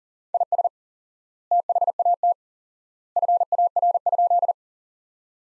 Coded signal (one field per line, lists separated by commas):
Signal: Morse code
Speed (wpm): 37 wpm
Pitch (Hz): 700 Hz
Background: none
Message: IS THAT FAR?